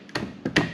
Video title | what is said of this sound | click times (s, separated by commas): Come Build a new Workspace with me! - Small Workshop Project ft. a Smart Desk Design - Part #7 | snap snap into place. | 0.2 s, 0.6 s